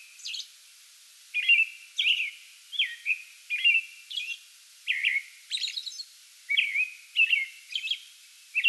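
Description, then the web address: American robin song of rich whistled phrases in short groups, each followed by a pause, with occasional high, thin squeaks. Pre-dawn song bout recorded 8 May 2022. "soundrecordings 2022-05-08 American Robin pre-dawn song bout"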